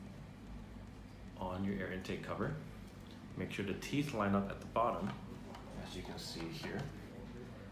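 Someone talks while handling the plastic air intake filter cover of a portable space heater, lining up the teeth at the bottom of the cover after the air filter has been put back. Only soft handling noise sits under the voice, and nothing has seated or clicked yet.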